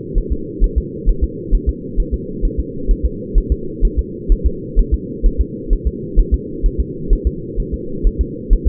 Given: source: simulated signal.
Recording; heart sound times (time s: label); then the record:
fetal heart sounds
0.18 s: S1
0.32 s: S2
0.64 s: S1
0.78 s: S2
1.09 s: S1
1.24 s: S2
1.55 s: S1
1.69 s: S2
2.00 s: S1
2.14 s: S2
2.45 s: S1
2.59 s: S2
2.91 s: S1
3.06 s: S2
3.38 s: S1
3.52 s: S2
3.85 s: S1
3.99 s: S2
4.32 s: S1
4.46 s: S2
4.79 s: S1
4.94 s: S2
5.26 s: S1
5.41 s: S2
5.73 s: S1
5.87 s: S2
6.19 s: S1
6.34 s: S2
6.66 s: S1
6.80 s: S2
7.13 s: S1
7.27 s: S2
7.60 s: S1
7.74 s: S2
8.07 s: S1
8.21 s: S2
8.53 s: S1
8.68 s: S2
From the record:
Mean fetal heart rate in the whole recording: 130 bpm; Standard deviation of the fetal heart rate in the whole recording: 2 bpm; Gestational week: 38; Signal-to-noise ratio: -4.3 dB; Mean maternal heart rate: 72 bpm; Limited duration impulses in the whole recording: absent